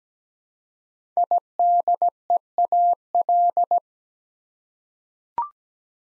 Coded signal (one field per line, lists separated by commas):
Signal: Morse code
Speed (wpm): 17 wpm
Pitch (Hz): 700 Hz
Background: none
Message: IDEAL